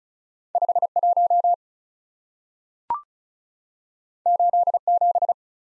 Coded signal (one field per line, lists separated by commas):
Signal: Morse code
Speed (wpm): 36 wpm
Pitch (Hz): 700 Hz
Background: none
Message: 51 87